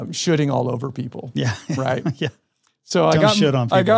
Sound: laughs